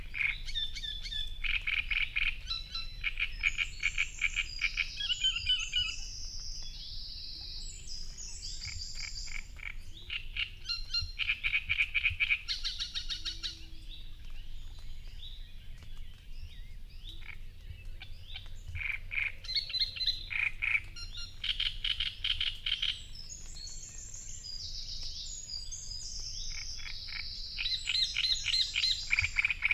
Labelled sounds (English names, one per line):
Great Reed Warbler song